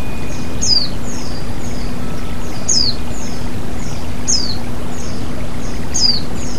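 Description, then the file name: White-eye song: bright, high falling notes in short clusters at regular intervals, above a steady rush of water and low hum. White-eye (pleci) with flowing water, bird therapy. "terapi air mengalir burung pleci"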